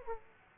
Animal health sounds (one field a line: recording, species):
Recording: mosquito wingbeat signal from an infrared sensor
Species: Aedes aegypti